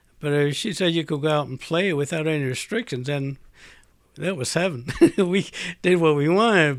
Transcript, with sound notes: But if she said, "You can go out and play," without any restrictions, that was heaven. ( he laughs ) We did what we wanted.